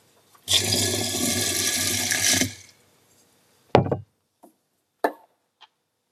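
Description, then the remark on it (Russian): Spring water is poured from a glass into a 3-litre jar of oats in one steady, rushing splash lasting about two seconds, followed by a few sharp knocks and clinks of glass. No one speaks. “Если на 3-литровую банку овса мы 2 стакана, то воды 4 стакана. Наливаем 2 стакана.”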